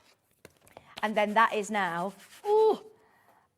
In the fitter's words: You can lock it into place.